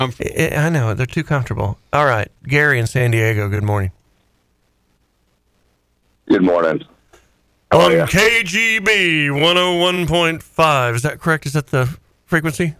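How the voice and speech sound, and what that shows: Fluent, conversational adult male speech with a clear, even voice and a lively pitch, typical of a radio host taking calls. A second voice briefly answers a greeting between pauses. Articulation and rhythm are normal throughout.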